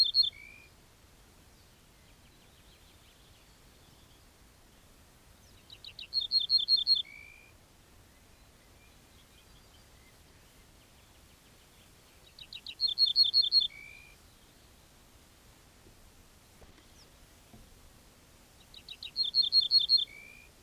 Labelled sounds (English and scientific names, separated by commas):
Ortolan Bunting (Emberiza hortulana) song